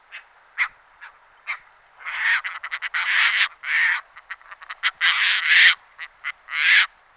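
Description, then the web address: Caspian tern calling with harsh, grating croaks, starting as spaced single notes and building into rapid bursts of raspy calls, some drawn out. "All the bird songs of Britain and Europe - Jean-Claude Roche. Sterna caspia"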